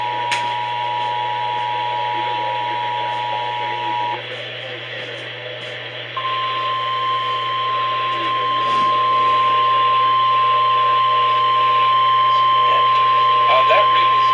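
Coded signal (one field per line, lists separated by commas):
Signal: Emergency Alert System (SAME) tones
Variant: 853 and 960 Hz attention tone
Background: speech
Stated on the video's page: EAS alerts received on NOAA Weather Radio.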